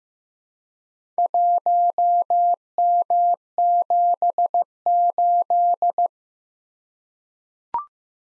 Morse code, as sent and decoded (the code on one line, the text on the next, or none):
.---- -- --... ---..
1M78